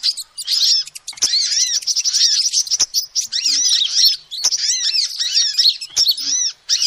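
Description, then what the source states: Lovebird chatter: continuous high, squeaky twittering and chirps pouring out in long bursts, broken by a few short gaps and sharp ticks. Calls used as a lure (pikat) to trap birds.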